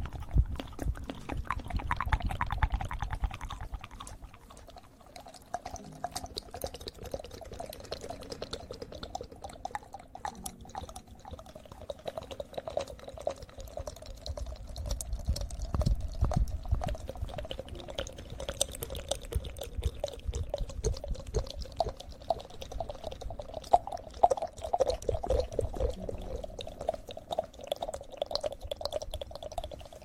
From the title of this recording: eating sugar, aloe vera gel ear massage